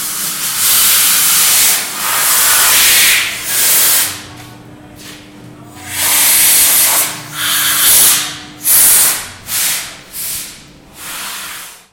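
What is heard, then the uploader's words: Spray painting in a workshop: bursts of bright, airy hissing come in short, irregular blasts, some under a second and others lasting a couple of seconds. A steady low machine hum runs through the middle stretch, and faint voices sit in the background. Sounds of UCL: Bartlett workshop. Sanding lathe and spray painting in the workshop of the UCL Bartlett.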